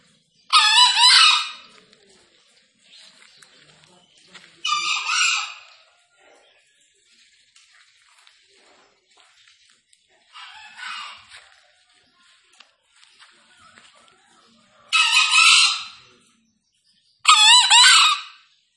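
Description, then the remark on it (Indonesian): Wild junglefowl crow five times in loud, harsh, high-pitched bursts separated by irregular pauses, heard from about 1 meter away, with faint rustling and quiet stretches in between and no talking. “Panggilan Ayam Hutan Liar”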